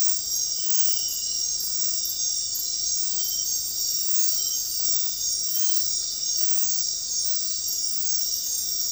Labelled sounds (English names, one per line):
none